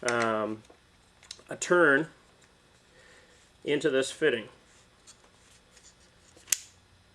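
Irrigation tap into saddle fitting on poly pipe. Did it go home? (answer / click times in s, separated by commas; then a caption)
yes / 6.5 s. A plastic Blu-Lock Nitro irrigation tap is turned by hand into a saddle fitting on a lateral poly pipe while someone talks. A single sharp snap at 6.5 s marks the tap seating in the fitting.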